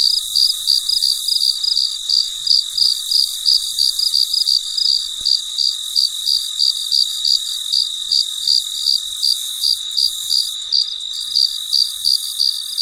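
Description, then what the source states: Cricket chirps repeated briskly, nearly three per second, each a short high pulse, with a steady high hiss underneath throughout. Recorded late at night, in very quiet surroundings.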